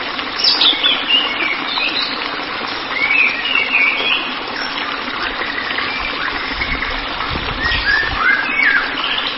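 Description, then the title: White-rumped shama giving scattered quick whistled phrases and chips, with gaps between bursts and a soft low rumble late. "Kicau Murai Batu"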